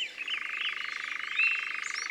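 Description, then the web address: European nightjar's steady pulsed churr. "Engoulevent-d Europe. abc de la nature"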